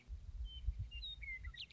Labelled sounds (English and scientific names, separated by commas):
Western Meadowlark (Sturnella neglecta)